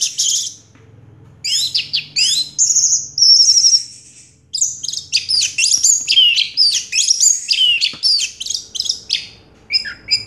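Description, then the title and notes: Orange-headed thrush song, a rich run of high, varied whistles, trills and slurred notes in bursts separated by short pauses. Singing in the teler style, described as clear-voiced; part of a complete collection of its song. "Anis Merah Teler Suara Jernih. kumpulan suara anis merah lengkap"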